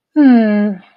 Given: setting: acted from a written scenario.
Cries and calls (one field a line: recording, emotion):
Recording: vocal sound without words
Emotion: contentment